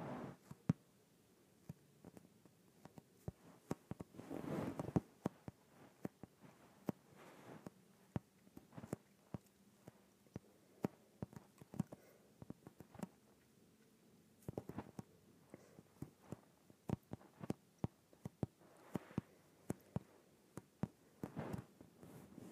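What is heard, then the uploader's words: An inflated yoga ball creaks and squeaks under handling, with dense, irregular sharp clicks and pops scattered across the whole stretch. Louder rubbery rubbing swells come and go, around 4–5 seconds, near 7, and again near 19 and 21, over a faint low hum. ASMR Inflated Yoga Ball.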